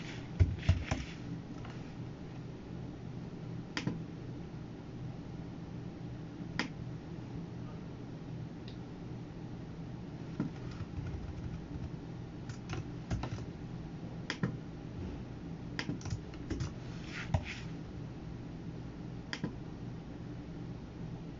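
Computer work sounds: scattered sharp key clicks and taps, irregular and sparse, over a steady low hum throughout the clip.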